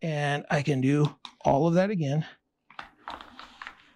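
Someone talks, then after a short pause there are light handling taps and rustles as a pistol is brought back toward a waistband holster, with the shirt and coat checked clear of the holster mouth. The clip ends before the pistol goes home; nothing has seated or snapped into the holster's retention yet.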